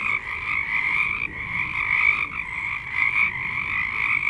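Frogs calling together in a continuous raspy trill, with a few short dips before the chorus resumes.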